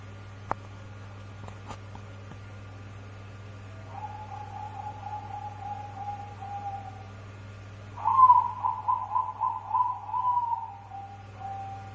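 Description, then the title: Dove song: a few clicks, then a quiet, even pulsed phrase, followed by a louder burst of pulsed notes that fades, all over a low steady hum. "Canto Da Pomba"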